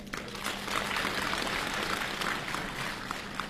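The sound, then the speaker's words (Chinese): An audience claps steadily for xiangsheng comedians from Xi'an at a New Year show, a dense wash of many hands at an even level that holds without a break for the full few seconds. “好，亲爱的观众朋友们，大家新年好，谢谢您热情的掌声。”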